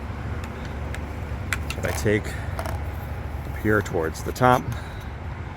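A plastic retrieval hook is being handled at the top of a pool extension pole, with white buttons that must be pressed so the hook clicks in; otherwise it can be lost in the pool. Someone talks over a few short handling taps and knocks, around 0.9, 1.5, 2.6 and 2.7 seconds. Nothing has seated or clicked yet.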